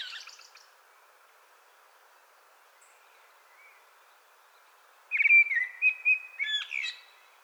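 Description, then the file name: Common blackbird song: a high twittering ends one phrase at the start, then after a long pause a fluted, warbling phrase with a squeaky, high flourish. "Turdus merula"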